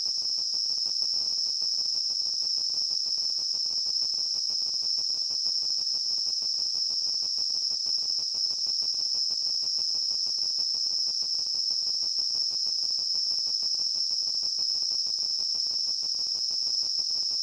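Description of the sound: A steady, high-pitched hiss concentrated in a narrow band, with a fast, faint pulsing like a cricket, continues unchanged for about 17 seconds. It is a simulated sample of tinnitus, the ringing or buzzing heard in the ears without an outside source.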